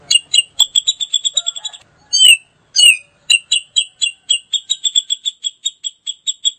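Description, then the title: Grey-cheeked bulbul calling in quick repeated chattering notes, interrupted midway by a couple of downslurred calls, then resuming a steady chatter. Female. "Cucak Jenggot Betina"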